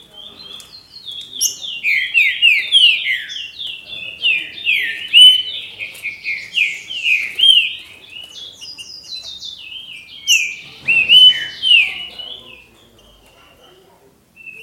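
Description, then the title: Green-winged saltator sings a long, fast sequence of sliding whistled notes that trails off into near silence over the last two seconds. "Trinca Ferro"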